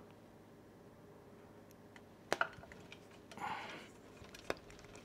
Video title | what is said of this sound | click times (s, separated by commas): 🔧 Lectric XP4 Dual Battery Prep - Electricallwheel & Generation E-Bikes 🔋 | So, that has two notches on it. when you you kind of first hear it click and then you hear a second click. | 2.3 s, 4.5 s